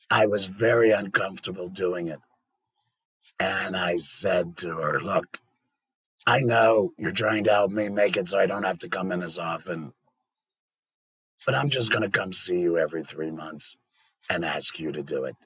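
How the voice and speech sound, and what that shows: Low-pitched, rough, somewhat creaky male voice in fluent phrases: tracheoesophageal speech through a voice prosthesis in a laryngectomy patient.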